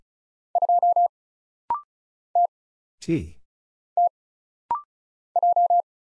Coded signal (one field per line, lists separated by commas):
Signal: Morse code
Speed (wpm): 36 wpm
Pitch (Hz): 700 Hz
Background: none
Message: 2 T T J